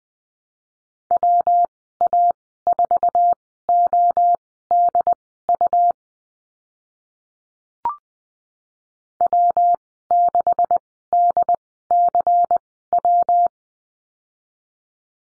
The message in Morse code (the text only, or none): WA4ODU W6DCW